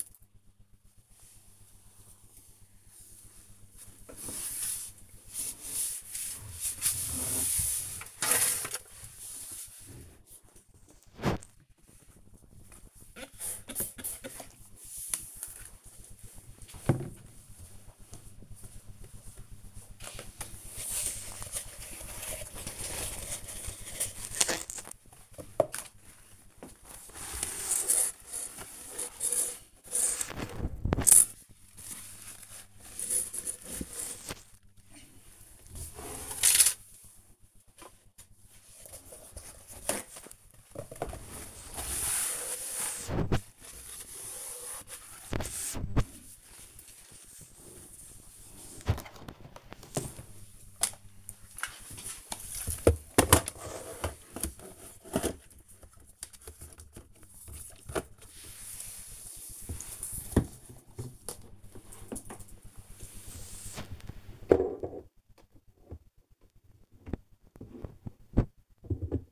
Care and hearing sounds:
household activities, microphone on the right wrist
0.00-64.90 s: cleaning the cupboard
67.92-69.32 s: tidy up the cupboard

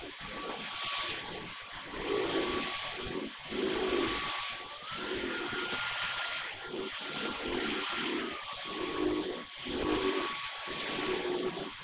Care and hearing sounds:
household activities, microphone on the right wrist
0.00-11.84 s: vacuum cleaning

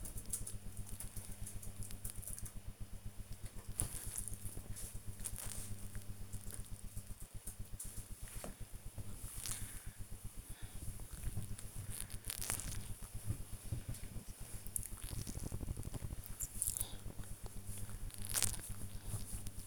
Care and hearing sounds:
household activities, microphone on the right wrist
3.27-19.67 s: folding laundry

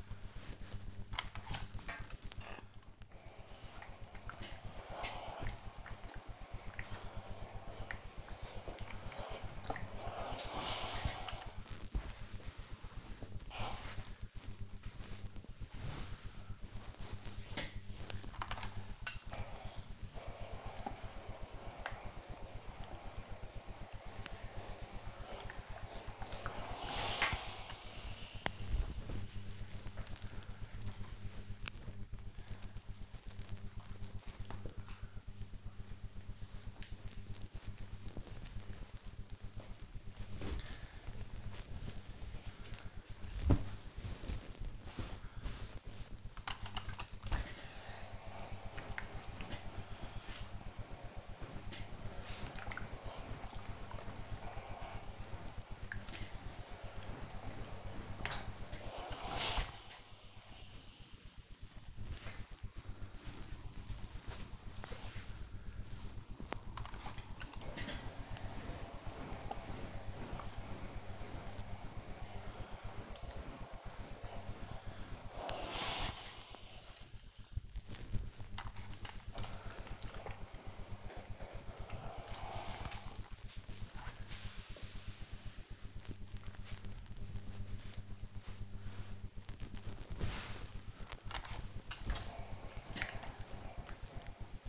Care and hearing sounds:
household activities, microphone on the right wrist
0.00-30.41 s: ironing laundry
46.55-94.69 s: ironing laundry

